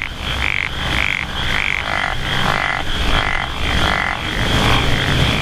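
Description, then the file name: Japanese wrinkled frog uttering a string of short throaty croaks about twice a second, against a steady high hum and low background rumble. "tsuchigaeru"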